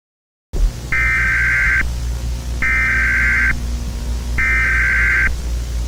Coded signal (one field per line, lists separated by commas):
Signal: Emergency Alert System (SAME) tones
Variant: header bursts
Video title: Chuck E Cheese’s | A Halloween EAS Scenario